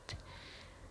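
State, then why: Seated. A fuel filter assembly is twisted counter-clockwise into the fuel pump housing of a Honda Click 125 motor scooter until it locks. One short, sharp click sounds at 0.1 s over a quiet, steady background. The click confirms the filter is locked in place.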